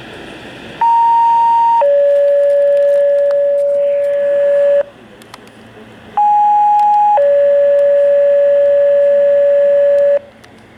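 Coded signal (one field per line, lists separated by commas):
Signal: two-tone page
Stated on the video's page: Pager test tones received on a Uniden BC75XLT scanner; the tones have been altered to prevent malicious use.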